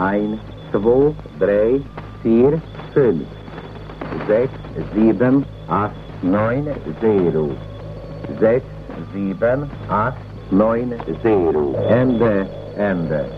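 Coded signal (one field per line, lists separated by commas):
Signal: numbers station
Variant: Tyrolean Music Station, German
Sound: a voice reading short words and numbers one by one over hum and a faint whine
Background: mains hum, radio static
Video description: Tyrolean Music Station was a vintage numbers station reported around the 1970s. It was as if disguised as a music station playing several yodeling songs with embedded messages for "Helmut" and "Franz"(at least in this recording).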